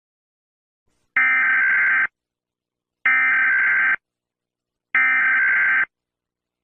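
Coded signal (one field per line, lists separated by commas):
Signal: Emergency Alert System (SAME) tones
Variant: header bursts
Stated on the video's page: Fictional EAS scenario, not a real alert.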